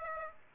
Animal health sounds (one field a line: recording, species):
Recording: mosquito wingbeat signal from an infrared sensor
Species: Aedes aegypti